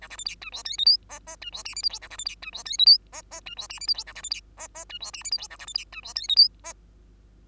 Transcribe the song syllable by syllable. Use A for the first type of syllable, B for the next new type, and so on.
A B C D E F G H I J J E F K L M N A B C D E F G H I J J E F K L M N A B C D J J E F K L M N A B C D E F G H I J